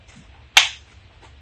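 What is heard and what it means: The plastic eye slot piece of a 1:2 scale Dalek model kit is pushed by hand into its slot in the dome, with no screws. A single sharp, bright snap at 0.6 s rises out of a quiet background and fades quickly. The piece is seated.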